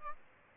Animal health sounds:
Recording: mosquito wingbeat signal from an infrared sensor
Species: Aedes albopictus

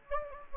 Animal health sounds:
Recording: mosquito wingbeat signal from an infrared sensor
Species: Anopheles gambiae

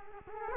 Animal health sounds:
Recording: mosquito wingbeat signal from an infrared sensor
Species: Culex quinquefasciatus

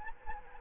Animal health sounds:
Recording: mosquito wingbeat signal from an infrared sensor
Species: Anopheles gambiae

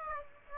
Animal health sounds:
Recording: mosquito wingbeat signal from an infrared sensor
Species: Aedes aegypti

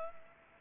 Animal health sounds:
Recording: mosquito wingbeat signal from an infrared sensor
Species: Culex pipiens

